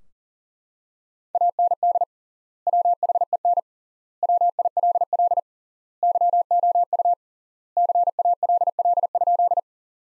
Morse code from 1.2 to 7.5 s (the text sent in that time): AND WHEN WILL YOU